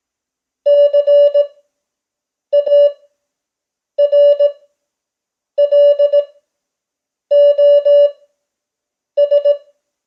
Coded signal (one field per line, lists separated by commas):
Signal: Morse code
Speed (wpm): 18 wpm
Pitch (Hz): 580 Hz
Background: none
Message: CARLOS